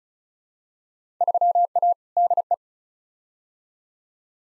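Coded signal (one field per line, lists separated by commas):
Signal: Morse code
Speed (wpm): 36 wpm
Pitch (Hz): 700 Hz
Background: none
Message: 3A DE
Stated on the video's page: Morse practice drill of simulated Field Day exchanges at 35 wpm, each sent, spoken, then sent again.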